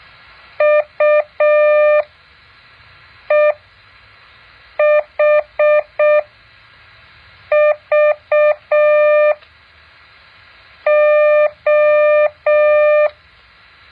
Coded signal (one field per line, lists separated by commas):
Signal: Morse code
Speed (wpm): 6 wpm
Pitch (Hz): 600 Hz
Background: none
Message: UEHVO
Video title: แบบฝึกหัด Morse code 2.5